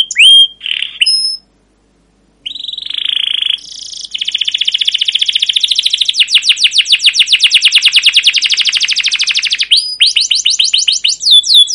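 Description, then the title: Canary song: a few sweeping whistled notes, a pause, then a buzzy note and a long fast trill of rapid repeated notes, ending in quick downward-sweeping chirps. Domestic canary with long continuous gacor song, cuit cuit calls and ngerol rolling trills, used as pancingan, a lure recording to train other canaries. "CUIT CUIT NGEROL LANGSUNG GACOR PANJANG Kenari Pancingan. Masteran Suara Burung Kenari Gacor Panjang cuit cuit Ngerol untuk Pancingan Kenari"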